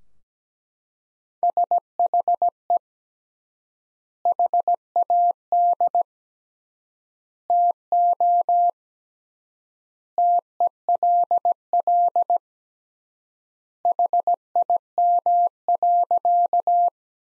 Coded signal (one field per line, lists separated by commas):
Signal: Morse code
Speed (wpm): 17 wpm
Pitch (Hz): 700 Hz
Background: none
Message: SHE HAD TO TELL HIM.